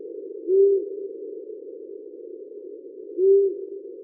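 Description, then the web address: Owl hoots: two short, low notes about two and a half seconds apart over a steady band of hiss. "eulen geheimnisvolle geschoepfe der nacht"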